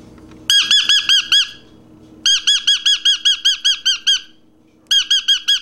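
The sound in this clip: Parrot giving bursts of piercing, repeated squawks in three runs separated by short pauses, with some low rumbling noise at the start.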